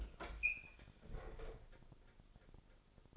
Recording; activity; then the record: daily activity, microphone in the room; open fridge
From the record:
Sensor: 5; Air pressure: 995.3 hPa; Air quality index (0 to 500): 87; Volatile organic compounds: 4 ppm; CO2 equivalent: 1634 ppm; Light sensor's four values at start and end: 35/85/34/35 and 38/91/37/37